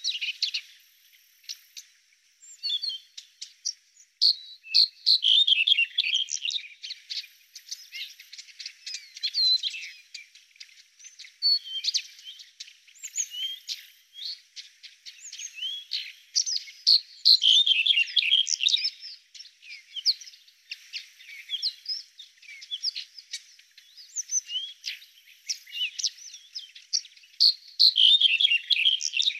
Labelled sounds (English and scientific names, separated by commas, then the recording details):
Red-headed Bunting (Emberiza bruniceps) song
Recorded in the wild
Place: Altyn Emel Nationalpark, KZ
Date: 2000-05-19
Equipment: MiniDisc Sharp MT 20 H
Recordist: Schwarz, Dieter